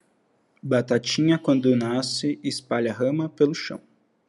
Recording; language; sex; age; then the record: short text; Brazilian Portuguese; male; 20 to 29 years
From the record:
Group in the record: control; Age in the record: 29 years